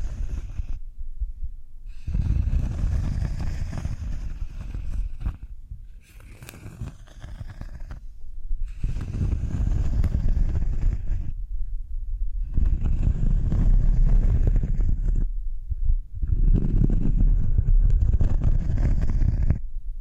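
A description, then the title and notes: Cork being handled in repeated bursts of dull rubbing and scraping, heavy in the low end with a soft, hissy top. The bursts last a few seconds each, separated by brief silent gaps around 1, 2, 8, 12 and 16 seconds. ASMR Cork Triggers. (No Talking).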